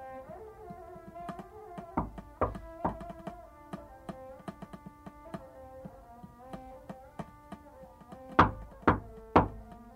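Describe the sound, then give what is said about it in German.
Knocking on the door of a salon at the Pera Palace Hotel comes in two bursts of three firm, hollow raps, a short pause between groups, over a soft bed of sustained musical tones with no one speaking. “Mein lieber Hedge, es hat geklopft.”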